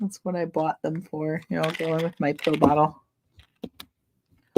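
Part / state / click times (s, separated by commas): snap closure on a small storage container / seated / 4.6 s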